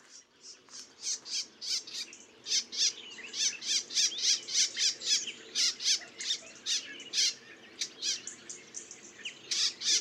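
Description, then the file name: Eurasian blackcap giving a fast series of high, squeaky, chattering notes delivered in dense bursts almost continuously. "Sylvia atricapilla"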